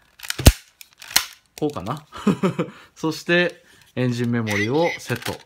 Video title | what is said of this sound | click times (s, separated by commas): kamen rider w dx engine blade kamen rider accel 仮面ライダーアクセル エンジンブレード レビュー 仮面ライダーW | 黒いつまみの部分を押すとこのロックが戻るとガチッと | 1.2 s